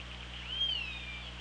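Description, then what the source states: Killer whale whistle, a single arching tone that rises and then slowly falls, above steady underwater hiss and low hum. Recorded underwater with an OrcaLab hydrophone on 24 August 2017.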